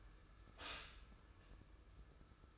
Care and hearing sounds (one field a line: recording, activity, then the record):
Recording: daily activity, microphone in the room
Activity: stop toaster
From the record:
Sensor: 2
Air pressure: 995.1 hPa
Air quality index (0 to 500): 57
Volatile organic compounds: 1 ppm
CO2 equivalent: 929 ppm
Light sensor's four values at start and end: 17/53/21/20 and 17/54/21/20